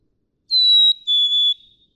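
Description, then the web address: Black-capped chickadee song: a single clear two-note whistle, the first note held higher, the second a touch lower, in silence. "birdsongforthecurious Black-capped Chickadee"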